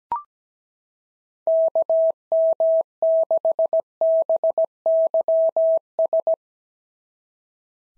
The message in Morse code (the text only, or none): KM6BYS